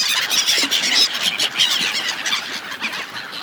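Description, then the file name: Gull flock giving loud, shrill, overlapping squeals and yelps in a continuous, unbroken chorus. Several gulls. "seagulls"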